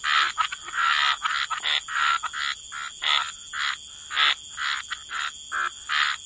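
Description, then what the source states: Frogs croaking, loud raspy bursts repeated irregularly, with a faint high steady hiss behind. Frog chorus.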